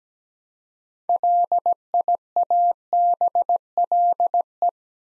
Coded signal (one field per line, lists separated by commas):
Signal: Morse code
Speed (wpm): 17 wpm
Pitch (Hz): 700 Hz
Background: none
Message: LIABLE